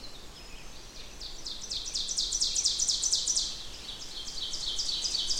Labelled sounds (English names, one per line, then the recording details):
Ovenbird song
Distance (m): 30 m
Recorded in boreal forest in Alberta, Canada, on 16 June 2016 at 08:42
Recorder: SongMeter 3, array SBT-3-32
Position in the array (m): 181 m, 32 m
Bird 36